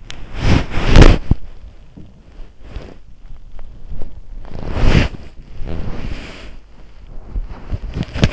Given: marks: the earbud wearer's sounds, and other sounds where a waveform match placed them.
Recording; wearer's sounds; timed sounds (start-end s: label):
sounds in sleep by an in-ear microphone; body movement
0.00-8.33 s: body movement